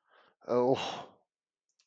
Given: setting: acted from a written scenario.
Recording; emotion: vocal sound without words; distress